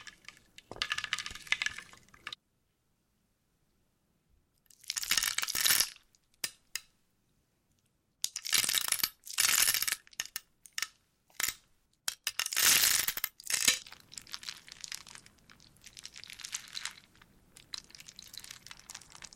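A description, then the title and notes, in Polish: A wooden soup: bursts of dry, bright clattering and crunching, like wooden pieces being stirred and tumbled, broken by short silences. The busiest stretch comes in quick irregular flurries midway, then it settles into a quieter, steady rustle over a low rumble. Drewniana zupa IDEALNE NA SEN ASMR po polsku!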